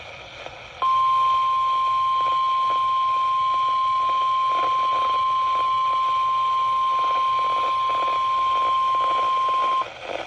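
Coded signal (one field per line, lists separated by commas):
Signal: Emergency Alert System (SAME) tones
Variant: 1050 Hz attention tone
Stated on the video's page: Compilation of real EAS alerts.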